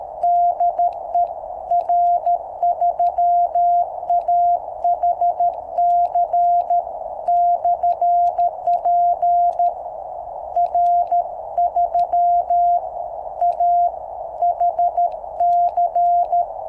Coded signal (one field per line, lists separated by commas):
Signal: Morse code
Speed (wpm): 13 wpm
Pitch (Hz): 700 Hz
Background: none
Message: DE R3AHC/P R3AHC